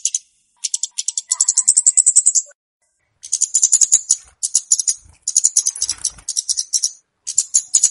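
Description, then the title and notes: Flowerpecker giving rapid, high, rattling ticks in bursts broken by brief silences, with faint low thumps. Clear recording used as a lure (pikat). "Kicau Burung Kemade ( Cabe Cabean) Jernih. Suara Burung Cabe Cabean Pikat"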